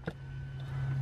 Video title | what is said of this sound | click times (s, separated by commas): More Traverse Misfire Problems. Can We Fix Them? | we'll just lift up on it and you can hear the pop | 0.1 s